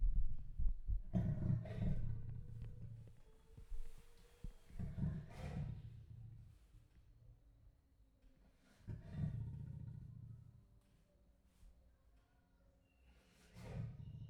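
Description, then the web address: Leopard giving low, raspy grunts in spaced bouts, a loud cluster near the start and softer rough calls roughly every four seconds afterward. Male leopard, captive in a zoo in Jászberény, recorded in 2016. "jaszberenyizoo 2016 leopard himallat"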